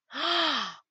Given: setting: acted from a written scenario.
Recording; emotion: vocal sound without words; contempt